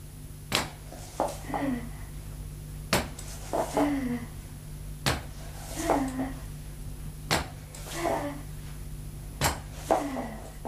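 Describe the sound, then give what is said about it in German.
A woman walks a few steps to a door on two crutches: they knock and thump on the floor in a slow, steady rhythm, five sharp wooden strikes about two seconds apart, each trailed by a softer scuffing thud, with a low hum underneath. “Atemlos steht der Leutnant, horcht auf das trockene Klopfen und Stoßen der Krücken”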